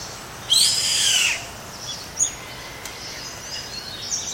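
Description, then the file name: Yellow-headed caracara uttering one loud, grating scream near the start, then a few faint high chirps and ticks in a quiet background. Comandatuba, Bahia, Brazil, 29 January 2013. "Milvago-chimachima-IComandatuba BA-Br-29-1-13-ASilveira"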